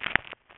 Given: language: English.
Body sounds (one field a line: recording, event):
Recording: throat vibration sensor signal played as sound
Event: swallow